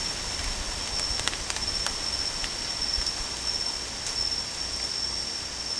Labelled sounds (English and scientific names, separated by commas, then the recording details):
none
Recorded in dense forest near Puerto Asís, Putumayo, Colombia, on 18 December 2024 at 22:30
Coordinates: 0.484, -76.317
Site G026